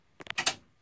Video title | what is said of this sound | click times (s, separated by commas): How To: Hoop a Sweatshirt using HoopMaster on a Baby Lock Valiant | on both you want two clicks | 0.3 s, 0.4 s